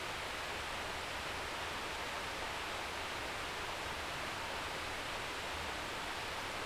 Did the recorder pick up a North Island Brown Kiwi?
no